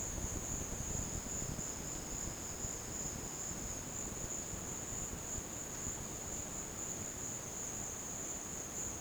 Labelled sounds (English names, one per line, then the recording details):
none
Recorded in dense forest near Puerto Asís, Putumayo, Colombia, on 12 March 2025 at 16:30
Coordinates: 0.486, -76.317
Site G053